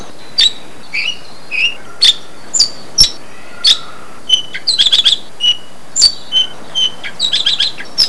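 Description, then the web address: Bird calls: short high chirps and quick trilled clusters repeating irregularly about every half second to second, over constant background hiss. "特酷声音素材库 动物 鸟 Bird"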